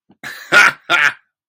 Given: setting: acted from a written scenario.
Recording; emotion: vocal sound without words; amusement